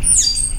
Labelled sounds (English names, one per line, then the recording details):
Stitchbird song
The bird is a male
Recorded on Tiritiri Matangi Island, New Zealand, in 2005
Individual 20, of nest box 28